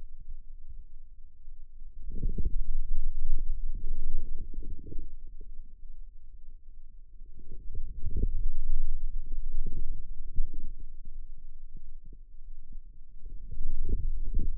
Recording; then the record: forearm muscle sounds (acoustic myography)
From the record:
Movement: outward rotation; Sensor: system 2, bracelet of six BSWA MPA416 microphones around the upper forearm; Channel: 2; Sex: male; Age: 22 years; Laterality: right